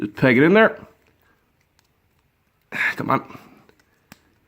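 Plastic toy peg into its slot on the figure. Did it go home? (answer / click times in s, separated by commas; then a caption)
yes / 4.1 s. A black plastic peg is pushed into its slot on a transforming robot toy figure while someone talks. After a few faint ticks, a single sharp click at 4.1 s shows the peg has seated in the slot.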